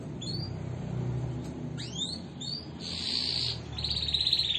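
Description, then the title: Canary song: sharp whistled upsweeps followed by two high buzzy trills, over a steady low rumble of traffic. Canary singing vigorously (gacor) and persistently with long rolling trills (roll panjang), intended to make other canaries respond immediately. "LANGSUNG NYAUT GACOR DOR Kenari Manasaja, Dengan Kicau Kenari GACOR NGOTOT ROLL PANJANG"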